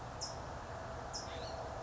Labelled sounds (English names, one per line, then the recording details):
California Towhee
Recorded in Sonoma County, California